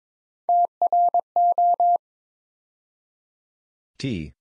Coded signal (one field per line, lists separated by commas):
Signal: Morse code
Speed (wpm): 22 wpm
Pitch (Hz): 700 Hz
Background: none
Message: TRO